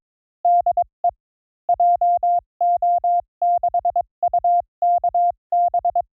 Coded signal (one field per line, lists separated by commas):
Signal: Morse code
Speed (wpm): 22 wpm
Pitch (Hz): 700 Hz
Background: none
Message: DE JO6UKB